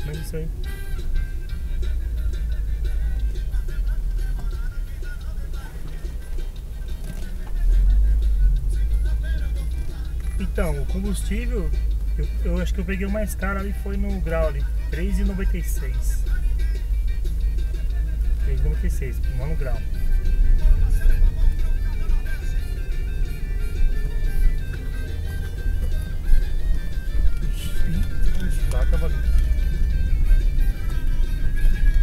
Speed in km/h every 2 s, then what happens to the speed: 11, 10, 6, 7, 12, 11, 11, 10, 11, 15, 16, 16, 17, 19, 24, 20.
0-15 steady at about 10. 15-19 speeds up to 16. 19-25 steady at about 16. 25-28 speeds up to 24.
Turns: none.